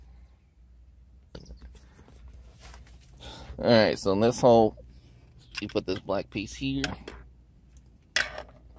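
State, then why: Seated. During a car radio install for a Seicane S6933G Android Oreo head unit in a Jeep Wrangler with the Alpine premium sound system, a small black plastic clip piece is pushed into a hole in the head unit mounting bracket. Someone talks, then the piece snaps in with one sharp click at 8.2 s and is seated.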